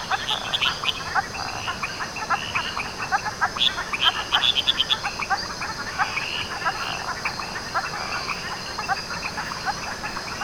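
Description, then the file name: Frogs calling in a dense chorus of quick pulsed notes, with bursts of higher chirping near four seconds over a steady insect hum. Frog chorus recorded at Canopy Lodge, 12 July 2010. "Frog Chorus Canopy Lodge 20100712"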